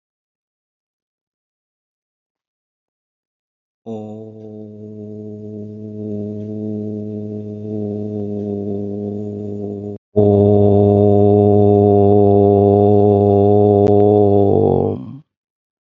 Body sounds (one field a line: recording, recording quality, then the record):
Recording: sustained vowel as in boot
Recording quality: excellent, no background noise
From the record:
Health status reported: healthy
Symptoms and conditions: hypertension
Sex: male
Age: 47 years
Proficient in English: yes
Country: India